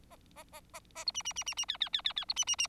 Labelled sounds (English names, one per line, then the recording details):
Bengalese Finch song
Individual Bird4